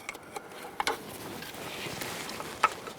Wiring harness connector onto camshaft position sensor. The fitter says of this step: could hear a click from that just going to give it a little tug obviously we want to make sure it is secured